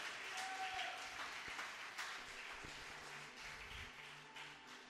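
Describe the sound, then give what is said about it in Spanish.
An audience claps for the Lord during a church sermon in a dense, steady wash of applause that fills the whole stretch, with no voices standing out above it. “Y dele palmas al Señor si así lo quiere, hermano, con todo su corazón.”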